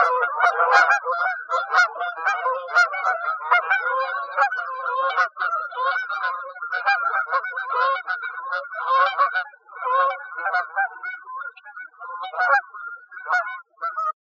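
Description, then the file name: Canada goose flock honking, many overlapping nasal honks throughout. Recorded in Arizona. "CAGO 2 deviche"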